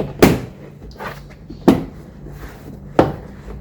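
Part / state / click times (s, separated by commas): door panel retaining clips into door frame holes / seated / 0.2 s, 1.7 s, 3.0 s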